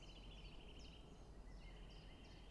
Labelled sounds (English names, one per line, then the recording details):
Common Chiffchaff
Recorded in Germany
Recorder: ecoPi